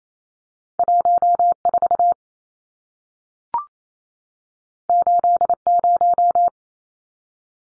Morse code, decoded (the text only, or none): 14 80